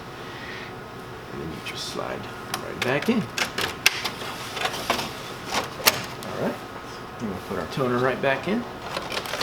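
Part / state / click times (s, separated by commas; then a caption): toner cartridge in a color copier / not seated / none. Someone talks while handling a plastic toner cartridge for a Konica Bizhub C3850FS color copier, producing a series of sharp plastic clatters and knocks as it is guided back into the copier. Nothing has seated or clicked into place yet.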